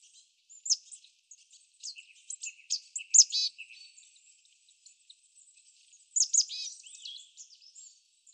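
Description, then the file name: Marsh tit calls, sharp high chips mixed with nasal buzzy notes in short bursts, a loud cluster near the middle and another toward the end, other faint chirps between. "Poecile palustris"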